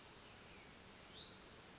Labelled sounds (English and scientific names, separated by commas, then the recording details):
Hutton's Vireo (Vireo huttoni)
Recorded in Sonoma County, California